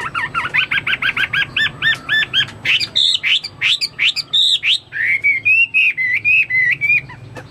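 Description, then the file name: Chinese hwamei song: a quick, even series of double-toned harmonic notes, then varied whistles and a run of level, repeated whistled slurs. "omkicau hwamei"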